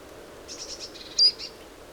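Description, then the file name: Great tit calls: a short run of faint, high chirping notes, then one sharp, louder high note, over steady background noise. "Parus major"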